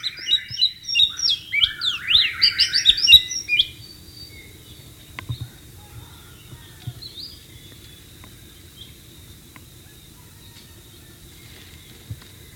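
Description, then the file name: White-rumped shama song, a dense burst of varied whistled and chattering notes in the first few seconds, then near quiet with faint bird notes. Wild bird recorded in natural habitat. "suara burung murai batu di alam liar"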